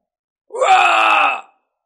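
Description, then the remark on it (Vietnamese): A man, a sneak attacker whose whole body is disintegrating into ash, lets out a single anguished, strained scream lasting about a second, loud and harsh with a groaning, gravelly edge, rising then holding before cutting off abruptly into silence. “Một tiếng hét thảm vang lên, toàn bộ thân thể của kẻ đánh lén tan rã ra, sau đó trở thành tro bụi, nguyên thần cũng không thể tránh được, hình thần câu diệt.”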